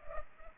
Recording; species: mosquito wingbeat signal from an infrared sensor; Culex pipiens